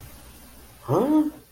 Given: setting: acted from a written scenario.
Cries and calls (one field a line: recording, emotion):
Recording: vocal sound without words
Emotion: confusion